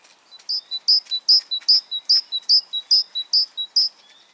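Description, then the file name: Great tit giving its ringing two-note song, high then slightly lower, repeated about ten times at an even pace. "Parus major"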